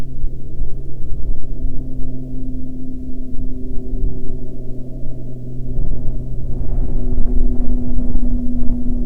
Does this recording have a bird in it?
no